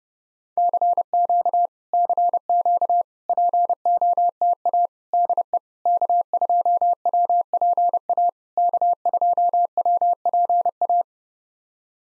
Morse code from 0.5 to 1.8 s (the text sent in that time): CQ